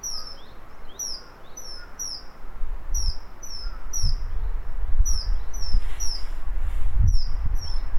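Bird calling with sharp, high, downward-sweeping chirps repeated in irregular runs, a low rumble and occasional thumps underneath.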